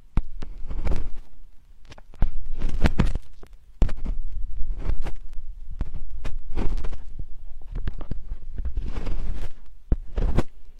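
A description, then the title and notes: Slow digging and scraping with soft crunches and sharp clicks every second or so, low rumbles underneath and crackles reaching high. Slowly dig your ears.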